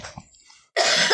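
A single abrupt, harsh cough from an adult woman who is sick, following a moment of faint, quiet room sound.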